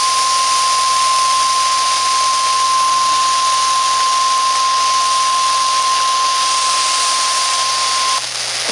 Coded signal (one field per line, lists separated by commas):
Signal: Emergency Alert System (SAME) tones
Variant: 1050 Hz attention tone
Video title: Flash Flood Warning - EAS #339